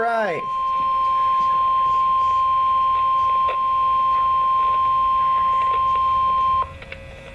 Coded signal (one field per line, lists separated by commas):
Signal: Emergency Alert System (SAME) tones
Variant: 1050 Hz attention tone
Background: speech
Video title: EAS #21 - Severe Thunderstorm Warning DeKalb, Jackson, Marshall AL